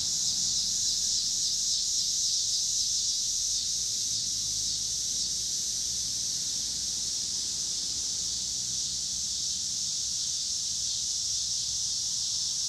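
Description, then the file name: Cicada song, a dense high buzzing chorus lasting throughout, with light low-pitched traffic noise beneath. Cicadas with car noise in Pittsburgh, Pennsylvania, on 26 August 2023. "cicadas and cars Pittsburgh PA"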